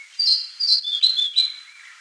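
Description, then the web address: White-spectacled warbler giving a quick series of high, bright chirped notes. "White-Spectacled Warbler Song and Call"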